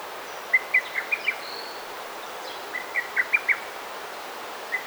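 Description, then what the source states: Bird giving two quick runs of thin, sharp chirps separated by a pause, then a single final note, over a constant noisy hiss. Garden birds chirping.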